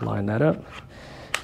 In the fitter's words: and you'll hear a little click when you have it in place